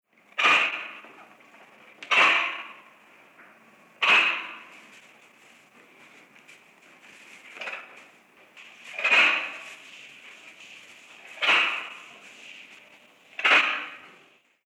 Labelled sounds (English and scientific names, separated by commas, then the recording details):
Red Kangaroo (Macropus rufus)
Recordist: Tembrock, Günter
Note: Lautfolge eines Jungtieres